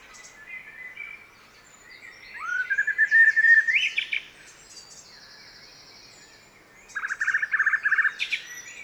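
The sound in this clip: Common blackbird singing a mellow fluted phrase that rises and warbles into a high squeaky twitter, then, after a pause, a rapid chattering phrase.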